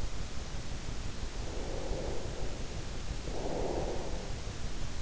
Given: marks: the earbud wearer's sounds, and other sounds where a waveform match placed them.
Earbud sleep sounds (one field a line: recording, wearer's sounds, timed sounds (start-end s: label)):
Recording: sounds in sleep by an in-ear microphone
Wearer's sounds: breath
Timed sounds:
1.32-4.26 s: breath